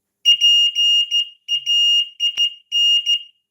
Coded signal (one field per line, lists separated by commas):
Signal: Morse code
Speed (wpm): 14 wpm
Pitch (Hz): 2850 Hz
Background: none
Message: PAIN